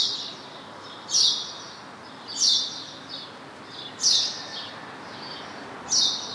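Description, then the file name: House sparrow giving four loud, clipped chirps at irregular gaps of about one to two seconds, against quiet background hiss. "Passer domesticus"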